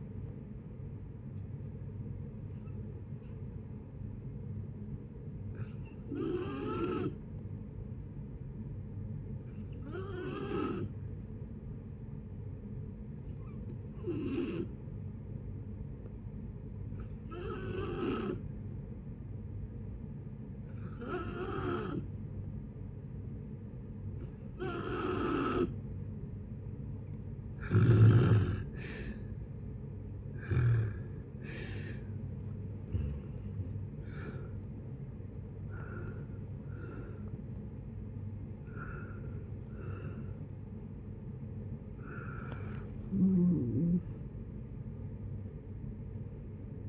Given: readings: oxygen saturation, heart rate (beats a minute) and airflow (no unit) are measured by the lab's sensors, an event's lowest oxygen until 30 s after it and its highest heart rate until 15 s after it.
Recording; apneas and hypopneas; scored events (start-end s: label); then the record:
breathing in sleep by a smartphone at the bedside; 1
3.00-28.90 s: hypopnea (N2, oxygen 94% highest, then 86% lowest, heart rate 56 at the start, 66 highest)
30.00-46.89 s: new sleep stage, awake
31.00-46.89 s: awake
From the record:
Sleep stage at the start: N2 (light sleep); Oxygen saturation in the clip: 86 to 94%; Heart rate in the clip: 56 to 78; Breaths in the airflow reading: 13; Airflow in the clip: -9.5 to 11.2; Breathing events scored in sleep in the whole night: 496 in 5.4 hours asleep